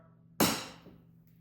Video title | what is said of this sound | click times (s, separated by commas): My Mustang GT broke…. Replacement parts are in!! | here click you're all good so everything's there is good | 0.4 s